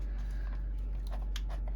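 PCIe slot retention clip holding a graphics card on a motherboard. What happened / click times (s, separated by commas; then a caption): The plastic retention clip snapped open, releasing the card / 1.4 s. A small plastic retention clip at the end of a PCIe slot on a motherboard is pushed down to free an old graphics card. A sharp click at 1.4 s, with a few softer ticks around it, marks the card being released. The card moves up a little.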